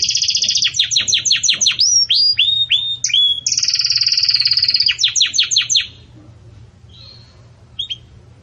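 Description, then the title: Belgian canary song: quick falling chirps and whistled slurs, a bright fast trill, more chirps, then quiet with one brief note near the end. Belgian canary singing the 'campainha' (bell) song style, for tutoring young chicks. "Belíssimo Canto Do Canário Belga Campainha Para Encarte De Filhotes"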